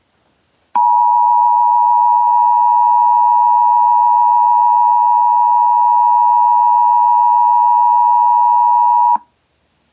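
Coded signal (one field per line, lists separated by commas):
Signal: Emergency Alert System (SAME) tones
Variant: 853 and 960 Hz attention tone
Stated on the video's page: Fictional EAS scenario tones, simulated.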